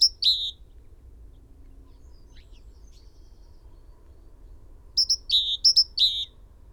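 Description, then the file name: Great tit with a brief pair of high notes and a buzz, then after a long pause a rapid run of sharp high notes alternating with lower buzzy notes. "Parus major"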